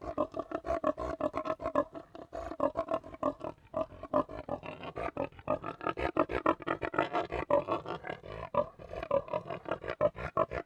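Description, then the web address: Tamworth pig grunting, a fast, unbroken run of gruff, pulsing grunts throughout. Three pigs grunting together. "BBC Sound Effects Library. Three Tamworth Pigs Grunting In"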